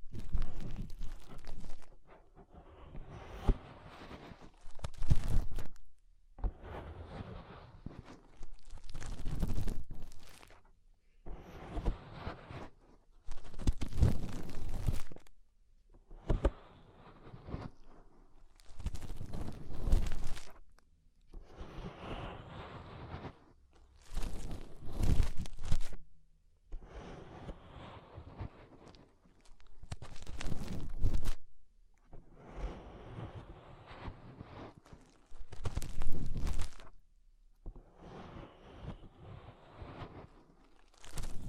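Fingers rub and press inside the ear in repeated bursts of muffled rustling and crunching, each lasting one to three seconds, with short quiet gaps between. The bursts come roughly every two to three seconds, thudding low with scratchy crackles on top.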